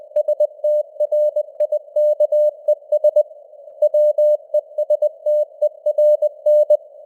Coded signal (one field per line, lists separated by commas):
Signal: Morse code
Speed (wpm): 20 wpm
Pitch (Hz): 600 Hz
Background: none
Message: STRIKES WESTERN